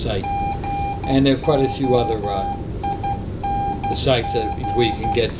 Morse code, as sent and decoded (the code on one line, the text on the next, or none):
--. --- .. -. --.
GOING